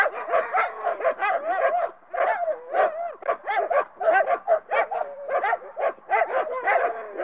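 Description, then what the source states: Several dogs bark and yelp together in rapid overlapping bursts, a steady chorus of sharp and wavering barks with brief pauses near the two-second mark. A pack of dogs barking.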